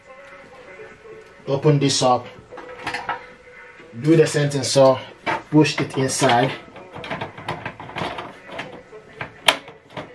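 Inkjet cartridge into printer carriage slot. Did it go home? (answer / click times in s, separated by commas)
yes / 9.5 s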